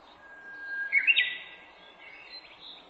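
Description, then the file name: Japanese bush warbler song, a plain sustained whistle breaking into a loud burst of rolling, slurred notes, then softer chirps. Recorded 18 April 2008. "uguisu 080418"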